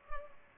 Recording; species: mosquito wingbeat signal from an infrared sensor; Culex pipiens